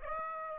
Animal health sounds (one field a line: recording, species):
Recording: mosquito wingbeat signal from an infrared sensor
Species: Aedes aegypti